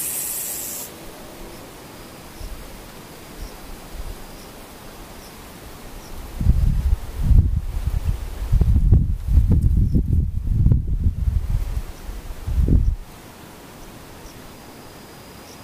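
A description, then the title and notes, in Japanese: Almost silent, with a faint steady hiss and a short bright burst at the very start. Faint, high insect chirps recur at regular intervals. From about 6 to 13 seconds, low rumbling, rustling bursts swell and fade before the quiet returns. ほぼ無音 後半ムシ。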